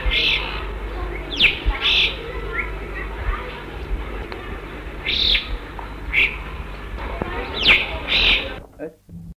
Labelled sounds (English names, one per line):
Alpine Chough call